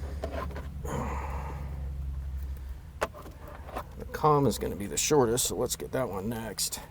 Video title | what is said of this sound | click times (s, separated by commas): EVO gets its new Haltech dash installed and new Kozmic mount | Connect it up with a positive click to let you know you're there. | 3.0 s